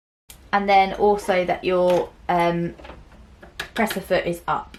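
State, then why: Seated. The balance wheel on the side of a Baby Lock Acclaim overlocker sewing machine is turned forwards until it clicks, locking the air-threading tubes into place for threading mode. A single sharp click sounds at 0.3 s, after which someone talks. The wheel locks and the tubes are seated for threading.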